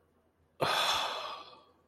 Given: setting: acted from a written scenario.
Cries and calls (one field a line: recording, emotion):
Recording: vocal sound without words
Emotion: disappointment